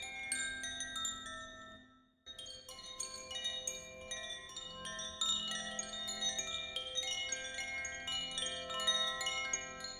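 Bright chimes ring in overlapping, shimmering strikes over sustained bowl tones, fading to near silence around two seconds before resuming densely.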